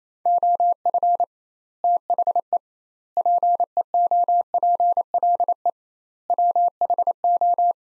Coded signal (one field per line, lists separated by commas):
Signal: Morse code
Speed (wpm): 28 wpm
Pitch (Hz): 700 Hz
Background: none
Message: OF THE PEOPLE WHO